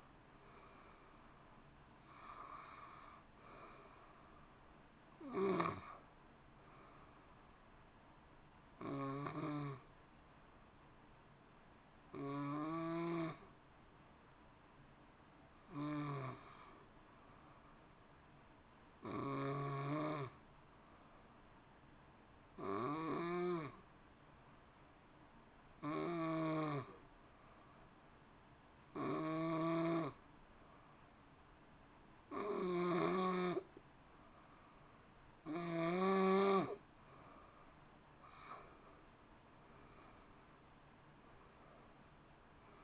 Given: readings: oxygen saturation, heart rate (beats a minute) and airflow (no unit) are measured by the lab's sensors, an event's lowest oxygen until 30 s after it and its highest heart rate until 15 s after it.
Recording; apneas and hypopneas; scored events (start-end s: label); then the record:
breathing in sleep by a voice recorder at the bedside; 1
11.00-38.20 s: hypopnea (N1, oxygen 92% highest, then 87% lowest)
From the record:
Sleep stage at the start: N1 (lightest sleep); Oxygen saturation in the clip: 86 to 92%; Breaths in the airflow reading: 12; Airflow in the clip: -1.8 to 3.8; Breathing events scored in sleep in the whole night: 328 in 6.3 hours asleep